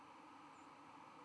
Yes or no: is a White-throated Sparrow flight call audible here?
no